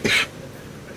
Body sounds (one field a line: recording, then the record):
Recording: coughing mixed with background sound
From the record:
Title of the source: 64 coughing, allergies, singing lungs